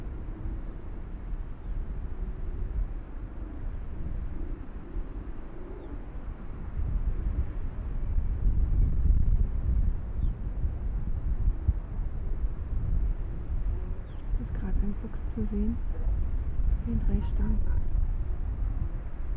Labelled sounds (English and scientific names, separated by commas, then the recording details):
Arctic Fox (Vulpes lagopus)
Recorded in the wild
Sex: male
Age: adult
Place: Insel Mednyi, Kommandeur-Inseln, RU
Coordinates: 54.5167, 168.083
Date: 1999-08-03 20:26
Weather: 11°C, kein Nebel, leichter Südwind
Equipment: Sony WM-D6C, Sennheiser ME 80, K 30 AV, Windkorb, Kopie Tascam DA 30
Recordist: Jakupi, Antje